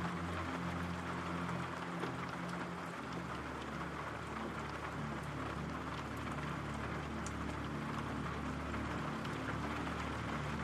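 Steady, dense rain hisses evenly throughout, with occasional brighter drips and taps standing out. Underneath, low sustained tones hold and shift slowly, like soft calm music or a deep drone. The loudness stays constant the whole time.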